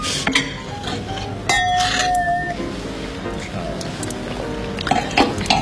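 Glasses clink together once in a toast, leaving a clear, high ringing tone that fades over about a second, set against a low murmur of background chatter and clatter.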